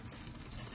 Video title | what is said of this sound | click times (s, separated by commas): 2008 Toyota Corolla Brakes & Rotors | Clicked in place kind of. | 0.2 s, 0.4 s